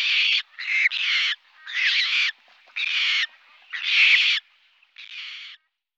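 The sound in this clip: Squacco heron giving harsh, rasping squawks, several broad noisy bursts of about half a second each, separated by short pauses, with no other clear sounds.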